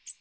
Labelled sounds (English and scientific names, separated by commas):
American Redstart (Setophaga ruticilla) flight call